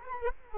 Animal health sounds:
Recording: mosquito wingbeat signal from an infrared sensor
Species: Culex quinquefasciatus

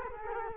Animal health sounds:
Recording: mosquito wingbeat signal from an infrared sensor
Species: Culex quinquefasciatus

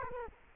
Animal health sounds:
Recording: mosquito wingbeat signal from an infrared sensor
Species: Culex quinquefasciatus

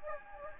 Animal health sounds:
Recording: mosquito wingbeat signal from an infrared sensor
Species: Anopheles gambiae

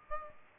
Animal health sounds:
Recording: mosquito wingbeat signal from an infrared sensor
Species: Aedes aegypti

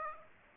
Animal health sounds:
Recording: mosquito wingbeat signal from an infrared sensor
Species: Aedes aegypti

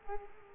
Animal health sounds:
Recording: mosquito wingbeat signal from an infrared sensor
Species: Culex quinquefasciatus

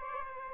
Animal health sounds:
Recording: mosquito wingbeat signal from an infrared sensor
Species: Aedes albopictus

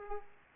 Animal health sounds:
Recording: mosquito wingbeat signal from an infrared sensor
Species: Aedes aegypti

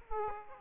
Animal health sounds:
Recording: mosquito wingbeat signal from an infrared sensor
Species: Aedes aegypti

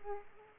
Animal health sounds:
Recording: mosquito wingbeat signal from an infrared sensor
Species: Aedes aegypti

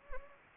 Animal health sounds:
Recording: mosquito wingbeat signal from an infrared sensor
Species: Anopheles gambiae

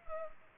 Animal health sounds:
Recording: mosquito wingbeat signal from an infrared sensor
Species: Culex pipiens

